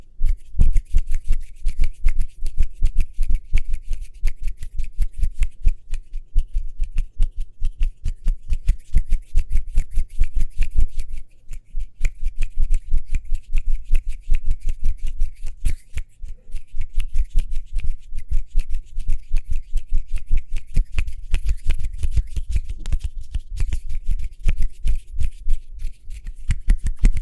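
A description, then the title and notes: Quick hand sounds, a rapid stream of crisp taps, flicks and rubs that runs almost without a break for the whole stretch, with brief lulls near eleven and sixteen seconds. A steady low thump sits underneath, and the clicks have a snipping, card-flicking quality. ASMR Speedy Hand Sounds (No Talking).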